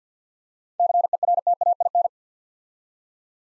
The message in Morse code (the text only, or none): CERTAIN